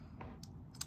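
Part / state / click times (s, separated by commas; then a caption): detachable plastic gun piece into toy rifle body / seated / 0.8 s. A detachable plastic gun piece is pushed back into the body of a two-piece plastic tasing rifle from a Jurassic World Rebirth Spinosaurus dinosaur toy set. Faint knocks and a brief scrape lead up to a sharp, bright click at 0.8 s as the piece snaps back into place and seats.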